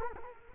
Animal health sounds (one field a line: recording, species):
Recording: mosquito wingbeat signal from an infrared sensor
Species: Culex quinquefasciatus